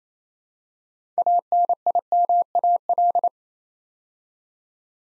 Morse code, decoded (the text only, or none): ANIMAL